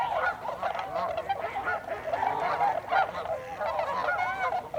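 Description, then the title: Tundra swans calling as a flock, a dense chorus of overlapping bugling and hooting notes, some rising and wavering, continuous throughout. Tundra swans, 26 December 2020. "2020-12-26-Tundra-Swans"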